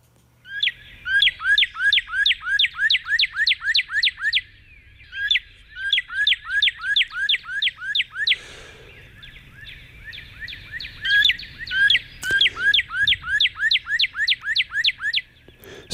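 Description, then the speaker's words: Northern Cardinal song: rapid series of loud, slurred whistled notes, about three per second, in three long phrases separated by pauses. Played example of Northern Cardinal song; cardinals are showy when in courtship mode. "But this is the time of year when the Cardinals start to sing, and this is what it sounds like."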